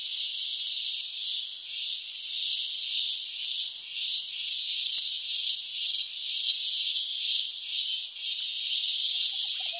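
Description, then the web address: Cricket chorus, a steady high-pitched trilling wash that swells and fades in soft pulses, with many callers overlapping. Night chorus of crickets and cicadas. "concert nocturne des grillons et des cigales"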